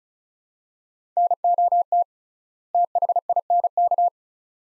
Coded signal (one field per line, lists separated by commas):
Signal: Morse code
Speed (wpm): 36 wpm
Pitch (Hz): 700 Hz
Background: none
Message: NOT THINK